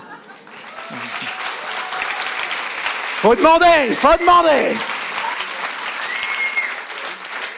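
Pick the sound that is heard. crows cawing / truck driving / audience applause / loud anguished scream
audience applause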